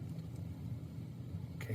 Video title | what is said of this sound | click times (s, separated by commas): NobelProcera® - The Process and Components for Seating a NobelProcera® Bridge | press fit and you can hear the click so these will stay in | 1.6 s